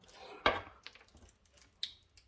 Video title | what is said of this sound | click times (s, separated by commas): Gigabyte RTX 4090 Unboxing + Anti-Sag Installation + Benchmarks vs 3090 | okay yeah I heard the click | 1.8 s